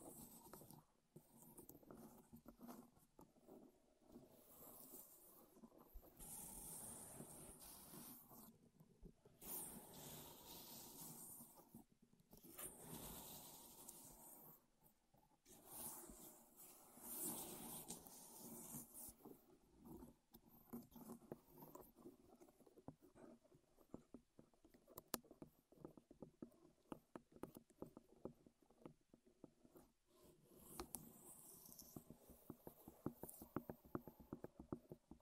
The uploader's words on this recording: ASMR Wood Triggers in Your Ears (No Talking).